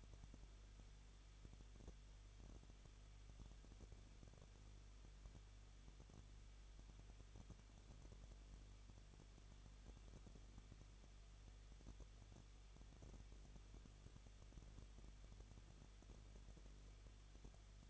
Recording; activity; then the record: daily activity, microphone in the room; no activity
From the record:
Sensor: 4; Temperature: 23.0 degrees Celsius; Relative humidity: 34.1%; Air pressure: 1007.3 hPa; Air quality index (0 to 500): 213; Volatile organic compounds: 14 ppm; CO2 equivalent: 2456 ppm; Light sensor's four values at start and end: 2/3/1/1 and 2/3/1/1